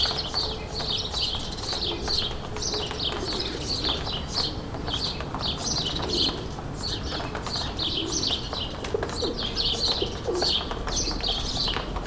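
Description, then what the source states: Sparrows giving a steady stream of short, high chirps from several birds at once over a constant low background rumble. Several sparrows, suburban ambient, May 2022.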